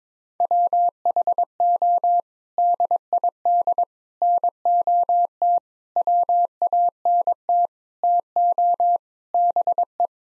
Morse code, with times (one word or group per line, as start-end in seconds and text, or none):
0.4-2.2 WHO
2.6-3.8 DID
4.2-5.6 NOT
6.0-7.7 WANT
8.0-9.0 TO
9.3-10.1 BE